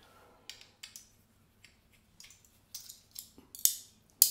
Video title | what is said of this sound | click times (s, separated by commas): Fine Marvel DE Razor - Trying a Flagfish DE Blade | hear a snap into it. That's it, lovely. | 4.2 s